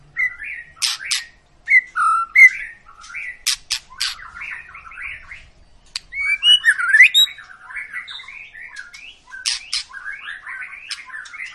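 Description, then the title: White-rumped shama song, loud varied phrases of whistles, harsh squawky notes and rapid chips, repeated in bursts with brief gaps. Long lure recording of an actively singing White-rumped shama, played to make other birds sing. "Pancingan Murai Batu Gacor Panjang"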